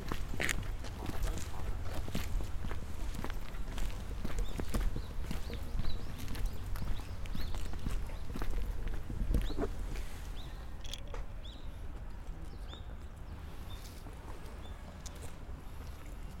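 Footsteps crunch steadily over gravel on the grounds of Nijō Castle in Kyoto, brisk for the first ten seconds. The steps then thin and soften, and small bird chirps come through above a low, constant rumble.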